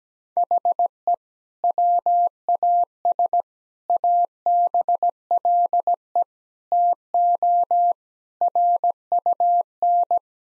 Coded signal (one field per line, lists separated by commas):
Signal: Morse code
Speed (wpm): 17 wpm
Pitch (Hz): 700 Hz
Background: none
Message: HE WAS ABLE TO RUN